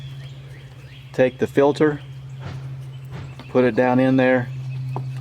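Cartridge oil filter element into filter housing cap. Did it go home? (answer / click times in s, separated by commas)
no / none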